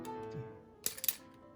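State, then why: Released. Small tabs on a plastic bumper of a game controller shell are pulled up until the bumper button pops off the controller housing. Over a faint tonal background, sharp plastic clicks sound at 0.9 s and 1.1 s with a softer tick between them. The bumper comes free.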